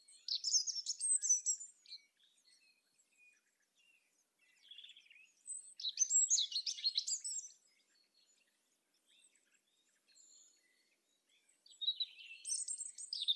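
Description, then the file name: European robin singing short, high, varied phrases of liquid trills and thin whistles, each a second or two long, separated by quiet pauses of a few seconds. "Erithacus rubecula"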